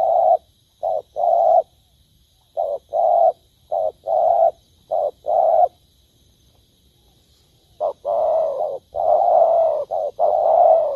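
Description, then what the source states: Spotted dove cooing, soft mellow hoots in short and drawn-out notes, grouped in phrases with a long pause midway before the cooing resumes. Cooing (Vietnamese: gáy).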